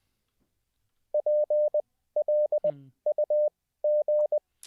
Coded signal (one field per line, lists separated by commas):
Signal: Morse code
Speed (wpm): 20 wpm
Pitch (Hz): 600 Hz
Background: none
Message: PLUG